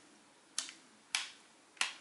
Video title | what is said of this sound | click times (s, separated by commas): Transformers x Evangelion MP-10 Convoy Mode "Eva" Review | click it into place | 0.6 s, 1.2 s, 1.8 s